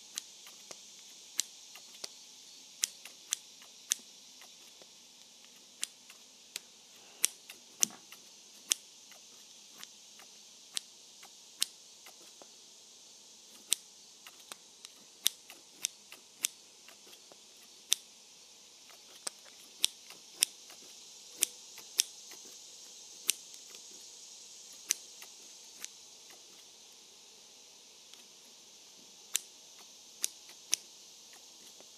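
Scissors cut steadily, making sharp, bright clicks and snips scattered irregularly throughout, sometimes in quick clusters of two or three. A faint, even hiss sits underneath the whole time, with the snips rising briefly above it.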